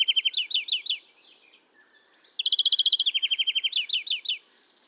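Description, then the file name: European greenfinch with rapid rising chirps, a pause, then a long fast trill running into more rising notes. "Chloris chloris"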